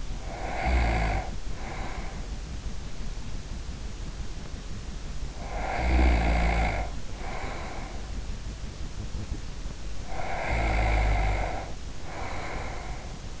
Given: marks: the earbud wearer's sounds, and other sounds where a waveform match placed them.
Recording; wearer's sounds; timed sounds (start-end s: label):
sounds in sleep by an in-ear microphone; snoring breath
0.00-2.59 s: snoring breath
5.17-8.29 s: snoring breath
9.99-13.40 s: snoring breath